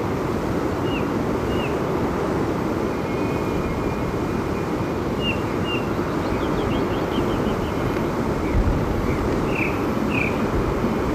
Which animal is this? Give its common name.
Ring Ouzel